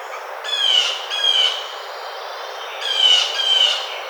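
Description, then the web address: Blue jay giving harsh, buzzy calls in pairs, two loud rasping notes, a pause, then two more, with a steady low hiss behind. 18 June 2009. "Blue Jay 2009 06 18"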